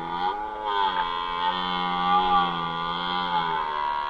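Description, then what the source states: Red deer giving one long, loud, steady tonal roar with rich harmonics that barely wavers for about four seconds. Roaring during the rut, recorded in 2011.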